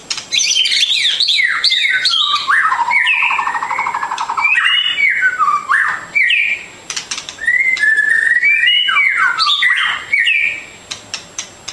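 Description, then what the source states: Bird song, a long rich stream of rapid whistles and trills with descending slurs, ending in a series of short clicking chips. Masteran training recording of bird song, complete version.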